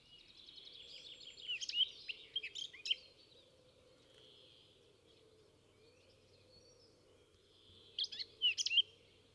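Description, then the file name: Eurasian blackcap: bird song in two short bursts of warbled and whistled notes separated by a long gap, over a steady low background hum. "Sylvia atricapilla"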